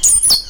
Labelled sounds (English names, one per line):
Stitchbird song